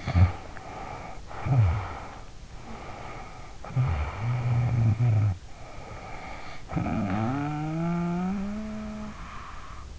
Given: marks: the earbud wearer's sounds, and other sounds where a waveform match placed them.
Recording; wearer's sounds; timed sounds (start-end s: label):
sounds in sleep by an in-ear microphone; snoring breath
0.00-2.46 s: snoring breath
2.57-5.52 s: snoring breath
5.59-9.90 s: snoring breath